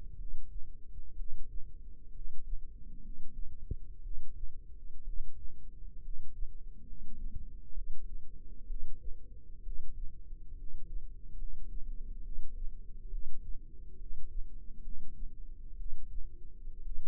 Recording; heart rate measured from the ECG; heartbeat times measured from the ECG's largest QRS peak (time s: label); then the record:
heart sounds by microphone in the left ear; 65 bpm
0.14 s: heartbeat
1.13 s: heartbeat
2.09 s: heartbeat
2.98 s: heartbeat
3.99 s: heartbeat
5.01 s: heartbeat
5.98 s: heartbeat
6.81 s: heartbeat
7.70 s: heartbeat
8.63 s: heartbeat
9.60 s: heartbeat
10.52 s: heartbeat
11.33 s: heartbeat
12.19 s: heartbeat
13.07 s: heartbeat
13.95 s: heartbeat
14.79 s: heartbeat
15.73 s: heartbeat
16.79 s: heartbeat
From the record:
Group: healthy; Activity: rest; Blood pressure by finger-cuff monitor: 104/69 mmHg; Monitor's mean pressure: 80 mmHg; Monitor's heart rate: 67 bpm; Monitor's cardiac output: 7 L/min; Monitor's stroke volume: 104 mL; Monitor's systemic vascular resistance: 830 dyn s/cm5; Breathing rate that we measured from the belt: 15 breaths a minute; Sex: male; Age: 22 years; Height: 185 cm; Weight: 112.4 kg